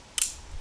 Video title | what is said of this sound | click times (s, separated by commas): Overnight $250 Walmart Survival Challenge | locks in place | 0.2 s